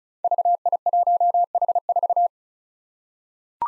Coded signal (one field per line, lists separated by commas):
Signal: Morse code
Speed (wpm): 36 wpm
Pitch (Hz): 700 Hz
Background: none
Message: VI1H4